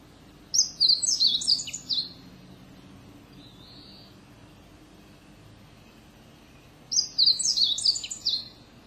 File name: siberian bunting